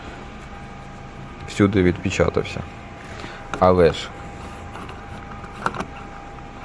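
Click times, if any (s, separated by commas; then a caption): none. Someone talks while twisting a fuel filler cap onto the fuel tank's filler neck to close it, and a few brief faint clicks and scrapes are heard near 5.7 s and 6.7 s. The cap turns but does not latch or ratchet into a locked position, so nothing has locked. The cap can work loose while driving and the tank is not sealed.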